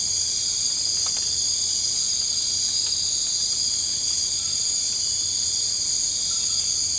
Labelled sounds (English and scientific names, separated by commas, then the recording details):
none
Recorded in dense forest near Puerto Asís, Putumayo, Colombia, on 24 March 2025 at 00:30
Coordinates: 0.485, -76.318
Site G056